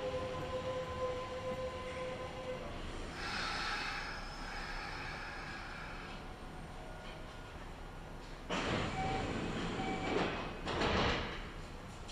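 A commuter train rolls along with a steady low rumble and a whining motor tone that fades out after about three seconds. A brief hiss rises around four seconds, then two louder rushing bursts near nine and eleven seconds sweep over the running noise.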